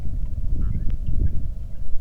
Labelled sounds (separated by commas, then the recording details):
waterfowl, wind, rain
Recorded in the Arctic National Wildlife Refuge, Alaska, on 3 August 2019 at 09:04
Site 46